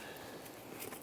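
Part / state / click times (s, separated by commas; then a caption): wiring harness connector onto throttle body / not seated / none. A wiring harness connector is pushed onto the new throttle body of a 2002–2008 Dodge RAM, on versions that may also have a red locking tab to push in afterward. Only steady, broadband handling noise is heard, with no distinct click or snap. The connector has not seated or clicked yet.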